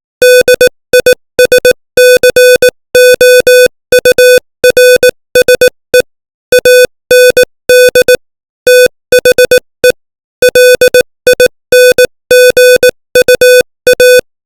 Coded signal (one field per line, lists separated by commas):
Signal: Morse code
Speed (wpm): 18 wpm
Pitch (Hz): 500 Hz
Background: music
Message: DISCOURSE AND THE LINGUA